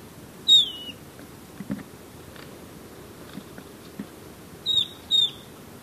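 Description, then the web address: Golden-faced tyrannulet calls: sharp, high whistled notes that drop in pitch, one early and a doubled pair near the end, with faint rustling between. Recorded in Ecuador. "Natures Songs S America Birds of Ecuador Golden-faced Tyrannulet"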